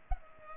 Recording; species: mosquito wingbeat signal from an infrared sensor; Culex pipiens